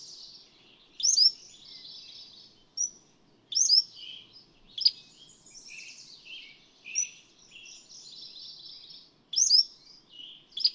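Cordilleran flycatcher song: sharp, high, up-slurred notes at irregular intervals, over steady warbling and trills from another bird.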